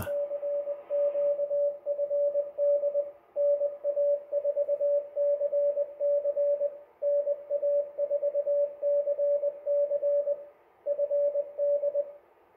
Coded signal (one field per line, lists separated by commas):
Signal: Morse code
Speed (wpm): 21 wpm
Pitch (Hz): 580 Hz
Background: radio noise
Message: CQ FD NA4CC NA4CC FD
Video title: 2019 CCARS CW Field Day Operation